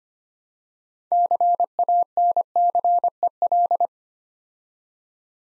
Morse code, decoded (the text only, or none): CANCEL